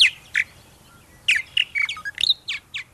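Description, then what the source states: Purple martin song, bright chirps and rapid gurgled warbles, a pair of notes then a quick bubbling cluster in the second half. Sweet voice; largest swallow in the United States and Canada.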